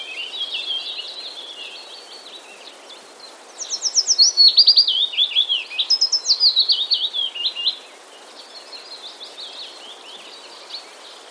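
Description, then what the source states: Willow warbler song: two sweet, high phrases of quick repeated notes, each sliding downward in steps, while fainter bird song twitters before and after. Recorded in Wroblowe, Poland, on 3 May 2014.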